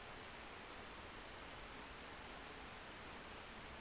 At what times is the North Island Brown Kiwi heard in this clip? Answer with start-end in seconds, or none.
none